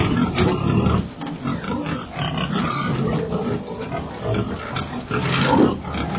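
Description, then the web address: Pig grunting and snorting continuously, with rough, low, rumbling snuffles. "Bobby Cole Pig"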